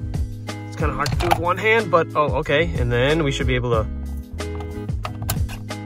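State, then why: Seated. A leather-covered custom driver airbag module for a Lexus RC F is pressed back into the steering wheel while someone talks over background music. The first spring clip catches with a sharp click at 5.3 seconds, and the module is seated.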